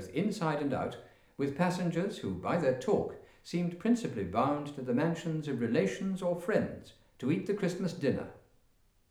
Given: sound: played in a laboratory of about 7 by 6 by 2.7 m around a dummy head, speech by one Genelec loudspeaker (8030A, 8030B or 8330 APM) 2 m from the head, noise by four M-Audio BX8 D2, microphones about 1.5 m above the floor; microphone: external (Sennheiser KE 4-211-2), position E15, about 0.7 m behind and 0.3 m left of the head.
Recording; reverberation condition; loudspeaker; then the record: male speech in English; medium; 150 degrees to the left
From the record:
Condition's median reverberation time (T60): about 510 ms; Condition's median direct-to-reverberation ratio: about -0.5 dB